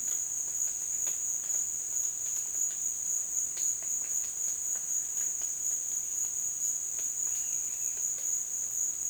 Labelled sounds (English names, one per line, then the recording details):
none
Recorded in dense forest near Puerto Asís, Putumayo, Colombia, on 25 June 2025 at 15:30
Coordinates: 0.484, -76.325
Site H65